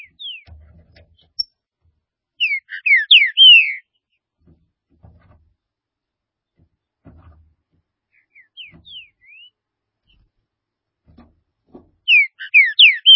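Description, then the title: Green-winged saltator song: loud phrases of slurred, downward whistled notes, a soft phrase midway and another loud phrase at the end, separated by long pauses. "Trinca Ferro"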